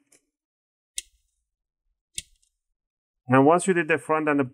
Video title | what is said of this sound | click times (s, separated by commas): Lenovo Ideapad Y700 17Isk 80Q0 🚩SSD M.2 HDD UPGRADE | all around, and you're going to hear some clicking. That's fine. That's what you want to hear. Those are little tiny clips | 1.0 s, 2.2 s